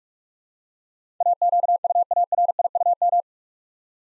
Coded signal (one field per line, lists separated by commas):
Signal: Morse code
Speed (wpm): 44 wpm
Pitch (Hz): 700 Hz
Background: none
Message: AQUARIUM